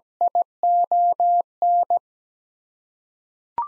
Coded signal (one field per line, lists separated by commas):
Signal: Morse code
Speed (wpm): 17 wpm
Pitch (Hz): 700 Hz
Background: none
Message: ION